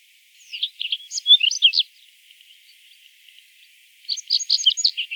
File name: Migliarino Di Palude